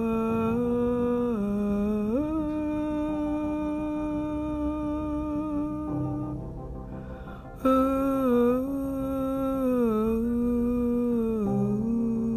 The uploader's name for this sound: Moaning with lower octaves